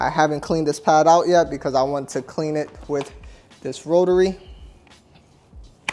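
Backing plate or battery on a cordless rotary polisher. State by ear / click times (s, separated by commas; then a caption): seated / 5.9 s. Someone talks while handling a cordless rotary polisher whose pad hasn't been cleaned yet. A button is pressed and a sharp, loud click at 5.9 s marks a part, either the backing plate or the battery, locking in place.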